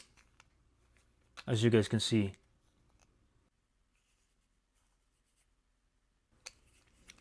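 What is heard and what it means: A plastic face plate for a 2006-2011 Honda Civic key fob is set into the bottom of a new key shell first, then pressed down until it snaps into place with a small click at 0.4 s. Someone talks between about 1.4 and 2.4 s, followed by near silence and a few sharp ticks around 6.5 and 7.1 s. The face plate ends up seated in the shell.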